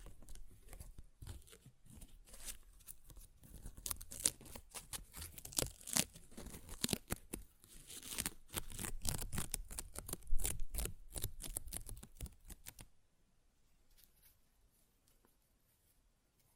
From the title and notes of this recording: ASMR Paper Ripping Tearing Sounds (No Talking).